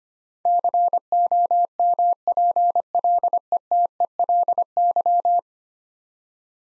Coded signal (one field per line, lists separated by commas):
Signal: Morse code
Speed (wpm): 25 wpm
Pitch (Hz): 700 Hz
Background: none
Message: COMPLETELY